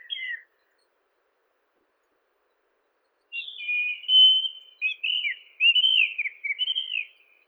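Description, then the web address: White-throated rock thrush song: one short whistled phrase, a long silence, then a flowing run of mellow, warbled whistles with sliding, looping notes. "Monticola gularis song. birds of the ussr"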